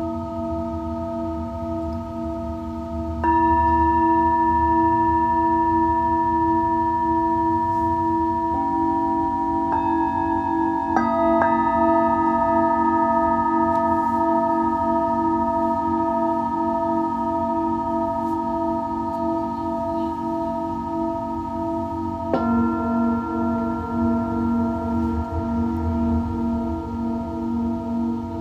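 Singing bowls ring in long, steady overlapping tones, new strikes joining near 3, 9, 11 and 22 seconds over a low rumbling hum.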